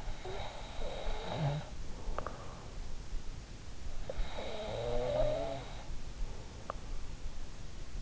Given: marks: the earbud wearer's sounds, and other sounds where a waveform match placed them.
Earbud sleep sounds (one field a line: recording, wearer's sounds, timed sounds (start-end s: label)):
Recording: sounds in sleep by an in-ear microphone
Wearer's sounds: breath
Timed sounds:
0.00-2.34 s: breath
3.88-6.17 s: breath